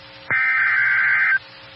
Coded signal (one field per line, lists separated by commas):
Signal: Emergency Alert System (SAME) tones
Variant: header bursts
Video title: Severe T-Storm Warning (EAS #11) 5/1/913